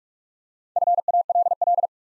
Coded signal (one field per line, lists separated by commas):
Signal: Morse code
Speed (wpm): 44 wpm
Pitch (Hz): 700 Hz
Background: none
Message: FALL